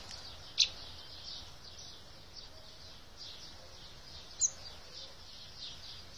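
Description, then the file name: Eurasian blackbird uttering two brief, sharp high-pitched notes nearly four seconds apart against a continuous background hiss. "Turdus merula"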